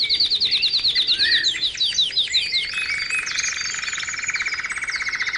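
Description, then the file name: Canary song of fast repeated sliding notes giving way to a steady mid-pitched buzzy roll beneath high twitters. Canary 'terapi' (therapy) song recording, intended for training birds. "kenari terapi omkicau"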